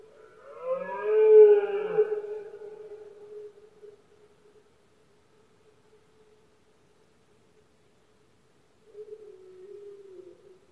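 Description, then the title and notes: Red deer giving one strong, rising-and-falling roar that trails into a low hum, then silence and a faint short groan near the end. Male red deer roaring during the rut (berrea or brama del ciervo), at night in Spain; one of the country's most imposing nature spectacles, best heard at night when surroundings are quiet. "Paisaje sonoro: Berrea #04. La época de celo del ciervo se conoce comúnmente como “berrea del ciervo” o “brama del ciervo”. los poderosos bramidos de los ciervos machos"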